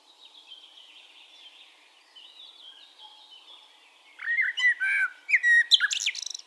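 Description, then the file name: Eurasian blackbird song: soft high twittering for several seconds, then a louder phrase of fluted whistles and squeaky high notes. "Turdus merula"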